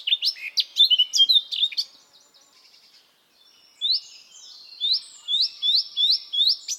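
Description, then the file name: Eurasian blackcap song: a fast chattering warble of high notes, a brief pause, then a series of rising upswept whistles. "Sylvia atricapilla"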